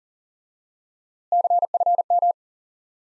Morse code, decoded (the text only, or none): CFM